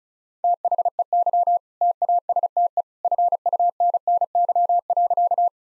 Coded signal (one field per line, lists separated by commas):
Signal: Morse code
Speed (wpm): 34 wpm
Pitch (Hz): 700 Hz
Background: none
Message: THEY TASTE FUNNY.